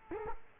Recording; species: mosquito wingbeat signal from an infrared sensor; Culex quinquefasciatus